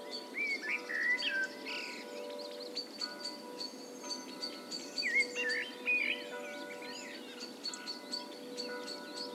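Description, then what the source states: Blackbird song: fluty, warbled phrases that rise and fall, given twice, among many high chirps and steady ringing tones. Blackbirds and bells.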